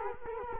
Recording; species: mosquito wingbeat signal from an infrared sensor; Culex quinquefasciatus